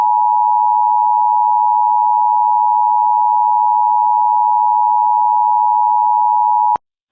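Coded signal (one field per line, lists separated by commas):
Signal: Emergency Alert System (SAME) tones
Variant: 853 and 960 Hz attention tone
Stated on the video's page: Maryland Required Monthly Test with the original SpongeBob RMT clip voiced by Plankton, not a real alert.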